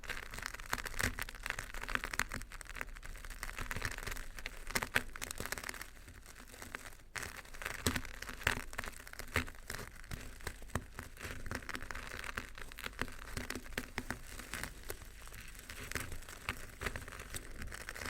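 Crunchy stirring, a dense, steady run of small crackling and rustling ticks that barely lets up across the whole stretch. The texture is bright and grainy, like rain on a surface, with a brief quieter dip around seven seconds and a faint low hum underneath.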